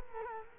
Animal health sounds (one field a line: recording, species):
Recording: mosquito wingbeat signal from an infrared sensor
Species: Culex quinquefasciatus